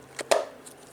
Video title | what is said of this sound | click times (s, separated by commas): BMW 6 series DIY--oil change (F13,F12,F06)-550,750,X5,X6) | satisfying click if you hear that that means all is good | 0.3 s